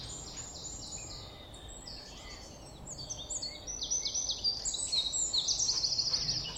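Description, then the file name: European robin song: soft, high twittering that grows louder into rapid, glittering trills toward the end. "Erithacus rubecula"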